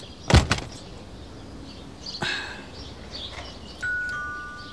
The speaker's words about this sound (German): Meine Jacke, die hatten Sie in der Tür eingeklemmt.